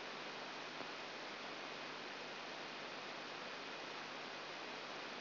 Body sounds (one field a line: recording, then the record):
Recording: brain microelectrode recording played as sound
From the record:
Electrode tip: outside the subthalamic nucleus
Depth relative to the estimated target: 4 mm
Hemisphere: right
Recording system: AlphaMap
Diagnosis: Parkinson's disease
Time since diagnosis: 8 years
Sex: female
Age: 37 years